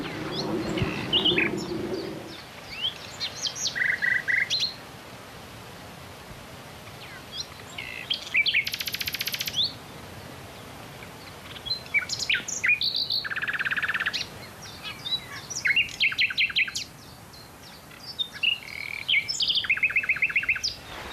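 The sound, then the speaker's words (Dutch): A nightingale sings alone in varied, separate phrases: rapid repeated trills, sharp whistled notes and buzzy rattles, each burst loud and clear, with short pauses between phrases and a low hum at the start. “En ja, later ben ik ook met mijn geluidsopnames begonnen, toen in Wageningen nog een paar nachtegalen zaten.”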